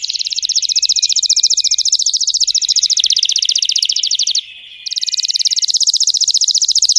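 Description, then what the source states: Canary song: a loud continuous rapid trill of high notes, briefly broken by a short pause, then resumed at the same quick pace. Singing Belgian canary, red frosted colour variety.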